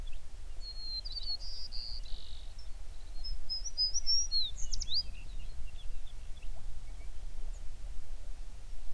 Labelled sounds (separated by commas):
songbird